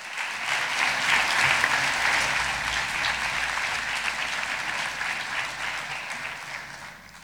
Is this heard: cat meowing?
no